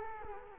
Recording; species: mosquito wingbeat signal from an infrared sensor; Culex quinquefasciatus